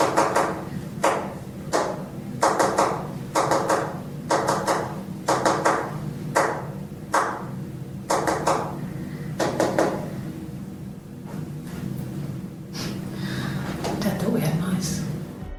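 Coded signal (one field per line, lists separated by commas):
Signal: tap code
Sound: sharp knocks in small groups of two or more, separated by short pauses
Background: low room hum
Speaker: There's even another tap code in this video. This one is Dad thought we had mice. Which translates to B Y D H A N A N. which I assume is supposed to be by Hannah.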